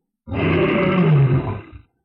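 A single loud, sustained roar from a golden lion lasting about a second and a half, deep and rumbling with a gritty, growling texture, swelling in the middle before tapering off.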